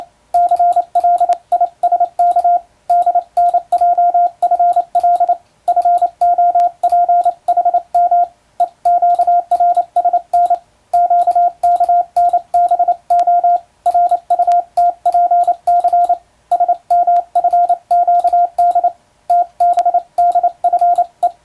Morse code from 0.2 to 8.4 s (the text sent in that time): CLISK DNJFL FOPHM